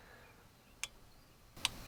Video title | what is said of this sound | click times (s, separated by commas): T1N Sprinter (2002-2006) Vacuum Pump Removal/Replacement | the click boom that's | 1.7 s